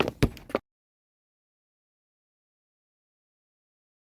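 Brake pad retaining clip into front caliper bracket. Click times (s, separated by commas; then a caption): 0.0 s, 0.2 s. A metal brake pad abutment/retaining clip for the front brakes of a 2014–2017 MDX is set into the grooves of the front caliper bracket and pressed until it snaps into place. Sharp metallic snaps land at 0.0 s and 0.2 s, with a few lighter ticks after them, then silence for the rest of the clip. The clip is seated.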